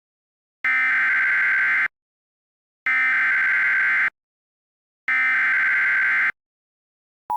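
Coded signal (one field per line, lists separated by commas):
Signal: Emergency Alert System (SAME) tones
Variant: header bursts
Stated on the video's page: Real severe thunderstorm warning for Spartanburg, SC, reused in a simulated alert screen test; audio edited and mixed, with synthetic EAS voice.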